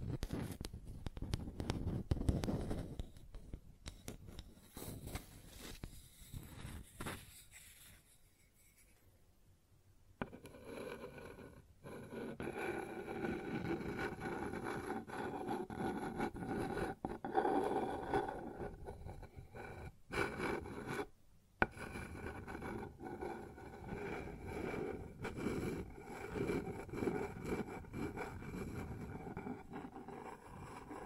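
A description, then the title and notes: Rough scraping and rubbing on a wooden surface, a gritty rasp that runs in uneven strokes. The first eight seconds are louder and lower. A quiet gap follows near ten seconds. From about eleven seconds the rubbing turns steadier and brighter, with short breaks near 18 and 21 seconds. ASMR Sounds on Wooden Surface (No Talking).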